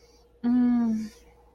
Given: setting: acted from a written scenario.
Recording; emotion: vocal sound without words; ecstasy